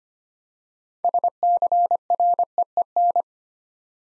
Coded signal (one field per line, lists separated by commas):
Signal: Morse code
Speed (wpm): 25 wpm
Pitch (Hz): 700 Hz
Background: none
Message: SCREEN